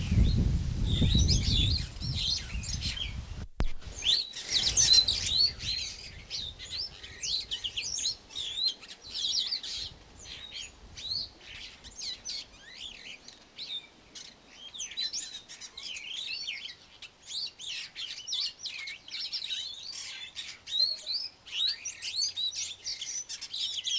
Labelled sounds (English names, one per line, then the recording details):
Superb Starling song
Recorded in captivity
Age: adult
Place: Zoo Berlin, Berlin, DE
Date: 2002-07-25 12:05
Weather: overcast, intermittent rain, 16°C, gusty winds
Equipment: Nagra SN, Kopie Uher 4000 Report Monitor
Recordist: Tembrock, Günter